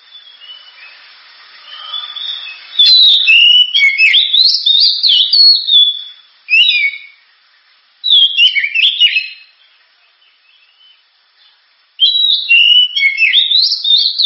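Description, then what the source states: Oriental magpie-robin song in several loud bursts of varied whistles and twittering notes, separated by short pauses, with faint softer notes early on. Champion bird.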